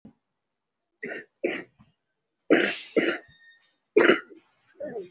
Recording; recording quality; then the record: shallow voluntary cough; excellent, no background noise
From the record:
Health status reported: respiratory illness, not identified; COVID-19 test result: negative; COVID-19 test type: RT-PCR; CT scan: not taken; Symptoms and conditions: cough, cold, fatigue, asthma, another respiratory illness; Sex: female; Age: 34 years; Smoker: no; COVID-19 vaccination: none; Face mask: not worn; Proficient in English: no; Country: India